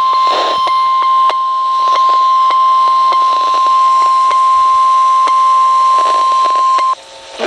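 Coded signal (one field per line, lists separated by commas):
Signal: Emergency Alert System (SAME) tones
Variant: 1050 Hz attention tone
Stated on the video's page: Weather radio station's first Required Weekly Test of the year.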